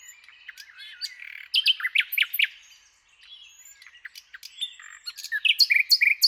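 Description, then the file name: Common nightingale song of varied notes in bursts, a brief lull, then more bursts with repeated sharp notes. "Luscinia megarhynchos"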